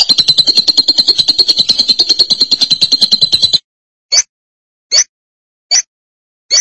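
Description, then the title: Lovebird sounds: a fast buzzy trill lasting about three and a half seconds, followed by four sharp isolated chirps spaced under a second apart. "BM Suara Burung Lovebird"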